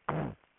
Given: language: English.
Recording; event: throat vibration sensor signal played as sound; throat clearing